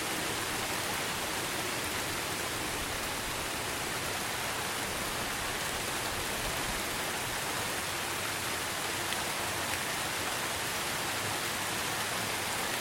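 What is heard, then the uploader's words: Steady, dense forest rain hisses evenly throughout, bright, with a faint low rumble underneath and no distinct events or pauses. Rainy Forest Soothing Rain Sounds. Beautiful Forest Rain.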